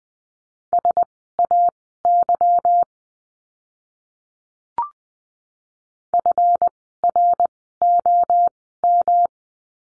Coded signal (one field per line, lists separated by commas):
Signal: Morse code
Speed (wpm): 20 wpm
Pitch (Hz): 700 Hz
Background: none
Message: SAY FROM